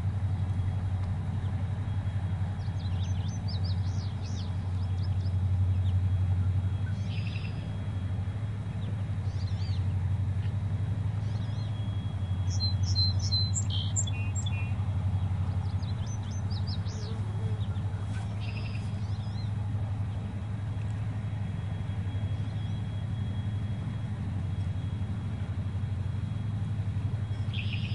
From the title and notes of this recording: Birds relaxing sounds.